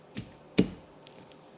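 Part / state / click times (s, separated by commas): wiper blade adapter onto car wiper arm hook / seated / 0.6 s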